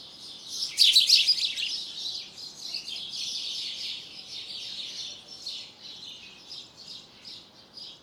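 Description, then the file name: House sparrow chirping, a burst of bright overlapping chirps early on, then a steady run of repeated chirps that slowly fade. "Passer domesticus"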